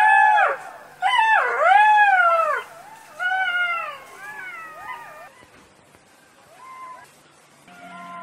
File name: Stimme Goldschakal